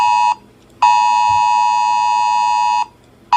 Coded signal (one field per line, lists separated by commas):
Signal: Emergency Alert System (SAME) tones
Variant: 853 and 960 Hz attention tone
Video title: EAS Scenario: The Dark Purge Sanctioned by President of Vietnam